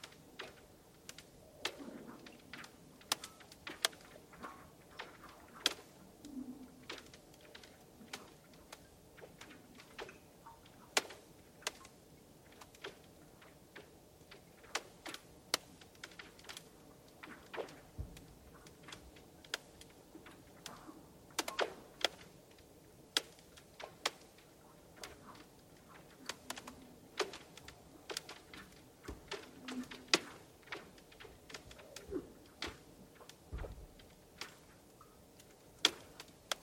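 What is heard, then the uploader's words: Irregular sharp cracks and ticks pop throughout a quiet, settling space, some faint, others bright. Every few seconds a brief low groan or sigh rises beneath them, and a couple of deeper thumps land around the middle and near the end. Ambient Settling and Cracking. For this track I set a pair of small omni mics right at the edge of the ice to listen to the very close and quiet settling and crackling created when the ice was disturbed by the general water movement. Heaving and sighing and cracking and sloshing.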